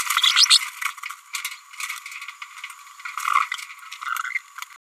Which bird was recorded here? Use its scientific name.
Forpus passerinus